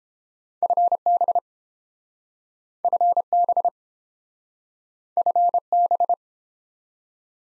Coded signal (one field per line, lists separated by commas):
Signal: Morse code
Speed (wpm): 32 wpm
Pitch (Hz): 700 Hz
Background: none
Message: FB FB FB